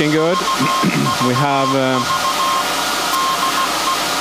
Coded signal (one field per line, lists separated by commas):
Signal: Morse code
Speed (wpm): 16 wpm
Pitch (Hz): 1060 Hz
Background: speech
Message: UVV DE